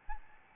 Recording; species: mosquito wingbeat signal from an infrared sensor; Aedes albopictus